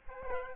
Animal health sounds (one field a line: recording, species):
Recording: mosquito wingbeat signal from an infrared sensor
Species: Aedes albopictus